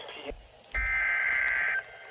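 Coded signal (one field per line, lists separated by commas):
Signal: Emergency Alert System (SAME) tones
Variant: header bursts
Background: speech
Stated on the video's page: Weather radio EAS alerts for a slight risk threat, compiled.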